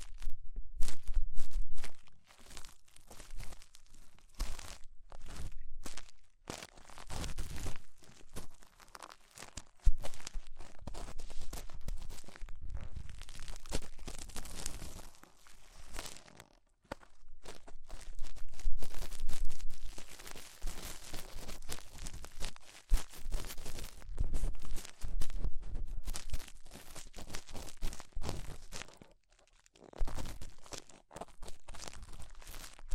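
Ear cleaning with rhinestone and clay removal: dense, crackly scraping and crinkling in irregular bursts, broken by brief quiet gaps near 10, 16 and 29 seconds.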